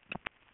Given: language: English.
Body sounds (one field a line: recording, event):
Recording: throat vibration sensor signal played as sound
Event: swallow